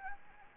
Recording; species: mosquito wingbeat signal from an infrared sensor; Anopheles gambiae